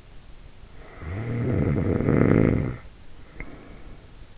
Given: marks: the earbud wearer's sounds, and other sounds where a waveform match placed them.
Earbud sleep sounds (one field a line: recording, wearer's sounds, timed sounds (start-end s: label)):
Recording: sounds in sleep by an in-ear microphone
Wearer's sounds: snoring breath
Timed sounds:
0.68-4.17 s: snoring breath